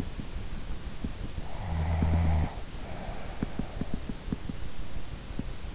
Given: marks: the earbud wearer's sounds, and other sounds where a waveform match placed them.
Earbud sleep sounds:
sounds in sleep by an in-ear microphone; snoring breath
1.63-4.11 s: snoring breath

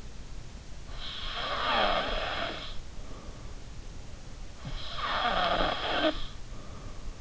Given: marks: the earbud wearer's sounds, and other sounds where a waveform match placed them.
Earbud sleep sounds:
sounds in sleep by an in-ear microphone; snoring breath
0.95-3.68 s: snoring breath
4.67-7.13 s: snoring breath

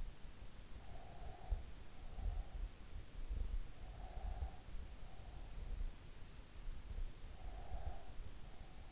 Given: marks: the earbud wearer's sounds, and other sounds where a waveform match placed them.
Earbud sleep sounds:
sounds in sleep by an in-ear microphone; breath
0.91-2.87 s: breath
3.68-5.55 s: breath
7.17-8.92 s: breath

